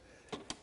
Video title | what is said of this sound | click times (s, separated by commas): An RV Antenna Booster Brings In Twice The Signal To Your Television | pop it up when you hear it snap and | 0.5 s